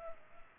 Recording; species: mosquito wingbeat signal from an infrared sensor; Culex pipiens